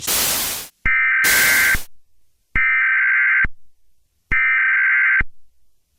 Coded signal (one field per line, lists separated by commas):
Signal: Emergency Alert System (SAME) tones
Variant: header bursts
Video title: EAS Scenario #1 Cleveland Meltdown